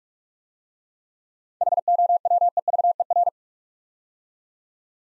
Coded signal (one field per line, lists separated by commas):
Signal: Morse code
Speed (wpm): 44 wpm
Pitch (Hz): 700 Hz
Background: none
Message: HOWEVER